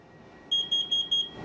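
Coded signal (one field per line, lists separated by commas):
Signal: alarm pattern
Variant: carbon monoxide alarm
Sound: four quick high-pitched beeps in a row from an alarm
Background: faint steady hum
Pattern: 4 short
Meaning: Carbon monoxide detected: get outside immediately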